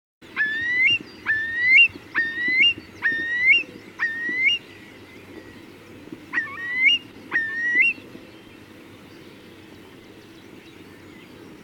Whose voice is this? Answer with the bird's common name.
Eurasian Curlew